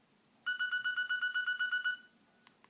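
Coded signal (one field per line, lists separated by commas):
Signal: none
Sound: phone ringtone beeps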